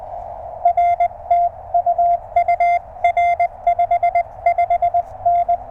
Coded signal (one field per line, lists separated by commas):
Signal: Morse code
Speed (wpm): 19 wpm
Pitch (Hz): 690 Hz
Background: none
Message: R TU UR 55N